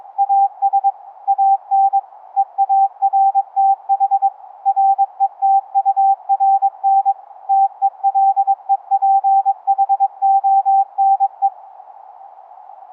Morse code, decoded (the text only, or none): AS AN EARTH RETURN TELEPHONE